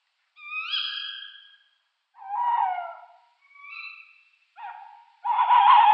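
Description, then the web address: Tawny owl giving a series of separate calls, some rising sharply at the start, some falling, ending in a rough, buzzy quavering note. Pair display. "Schulze Peter Tawny Owl pair display"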